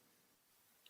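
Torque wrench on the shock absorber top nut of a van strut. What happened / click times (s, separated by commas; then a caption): The torque wrench clicked at its set torque / 0.9 s. A torque wrench tightens the shock absorber top nut on a Renault Trafic van strut, fitted with Koni shock absorbers, to the maker's specified torque after a first tightening with hand tools. Low, steady background noise runs through the clip until a single short, sharp tick at 0.9 s shows the wrench clicking at the set torque.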